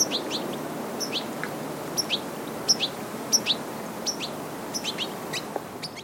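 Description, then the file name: European Goldfinch calls, bright tinkling notes given singly and in short twittering groups, repeated throughout over steady background noise. "Carduelis carduelis"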